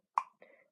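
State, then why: Seated. The flip-out balm insert of a plastic Lip Smacker Last Rose Petal Belle emoji lip balm case is flipped around to expose the balm, giving a sharp click at 0.2 s as it clicks into place. A softer, longer rustling sound follows at about 0.4 s.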